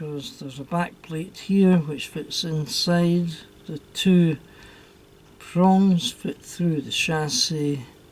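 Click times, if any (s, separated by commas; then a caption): none. A plastic bogie for a Hornby Jouef Eurostar model train (R222, No. 3211) is handled so its back plate and two prongs line up to fit through the plastic chassis, while someone talks throughout. Nothing has seated or clicked into place yet.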